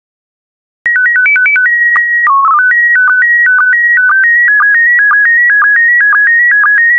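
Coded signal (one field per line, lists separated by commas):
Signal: SSTV (slow-scan television)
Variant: PD 120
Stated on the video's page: SSTV transmission in PD120 mode carrying photos of hawks and falcons.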